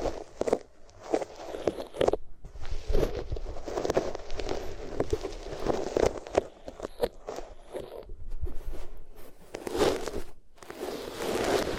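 Rubbing on different materials fills the recording with dense, scratchy friction sounds. Strokes come in irregular bursts about once or twice a second, with crackly, crunchy grains and brighter sharp scrapes. Brief quieter gaps fall near two seconds and around ten and a half seconds.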